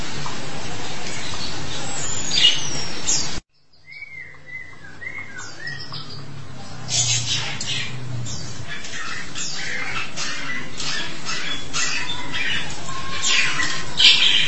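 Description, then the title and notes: Starling calls: scratchy high bursts, a sudden break, then short whistled notes followed by renewed rasping chatter over a low hum. "suara burung jalak"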